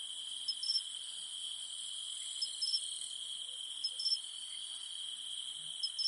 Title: In the mountains at night, only the humming of cicadas remains